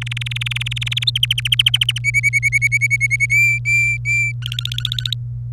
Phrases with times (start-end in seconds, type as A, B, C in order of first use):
0.01-1.04 A, 1.07-1.10 B, 1.15-1.98 C, 2.04-3.26 D, 3.30-4.32 E, 4.42-5.15 F